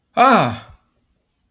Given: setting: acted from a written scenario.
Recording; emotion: vocal sound without words; negative surprise